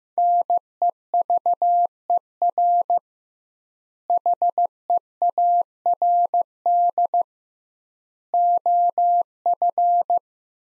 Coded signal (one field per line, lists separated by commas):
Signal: Morse code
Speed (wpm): 15 wpm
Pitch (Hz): 700 Hz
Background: none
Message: NEVER HEARD OF